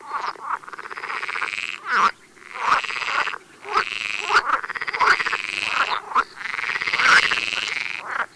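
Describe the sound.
Pool frog croaking: loud, buzzy, rasping calls in long runs with brief pauses between them.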